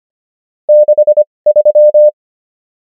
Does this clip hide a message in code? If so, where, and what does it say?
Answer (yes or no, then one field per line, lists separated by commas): yes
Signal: Morse code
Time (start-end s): 0.7-2.1 s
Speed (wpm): 25 wpm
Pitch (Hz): 600 Hz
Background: none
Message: 63